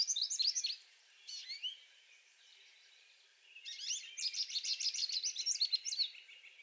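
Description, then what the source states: American goldfinch song: bright, rapid twittering phrases of high sweet notes, a burst at the start, a short one near 1.5 seconds, then a longer run from 4 seconds. Recorded 7 May 2020.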